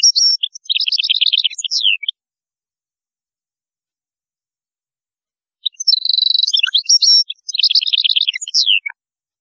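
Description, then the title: European goldfinch song in two lively phrases of quick liquid twitters, rapid trills and a drawn-out buzzy note, with a pause of several seconds between them. "Chant Chardonneret"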